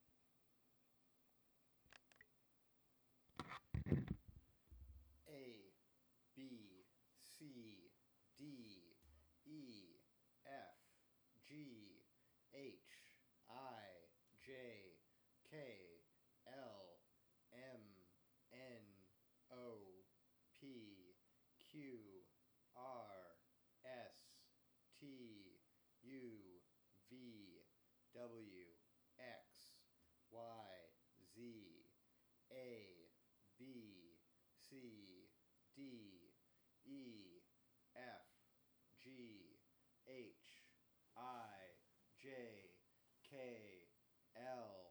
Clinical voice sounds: letters of the alphabet, spoken; free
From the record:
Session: first day, before the bite bar

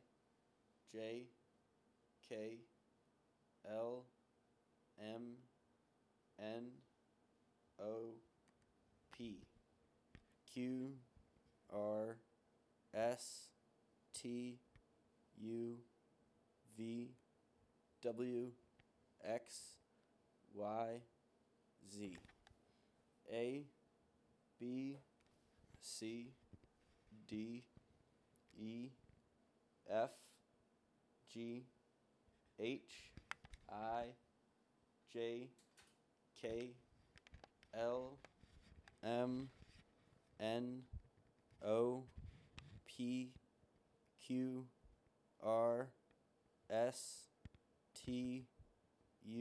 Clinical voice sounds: letters of the alphabet, spoken; free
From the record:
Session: seven days later

